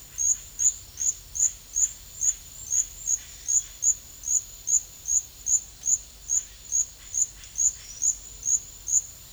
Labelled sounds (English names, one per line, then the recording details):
none
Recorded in pastures near Puerto Asís, Putumayo, Colombia, on 4 March 2025 at 12:00
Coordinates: 0.502, -76.324
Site GP07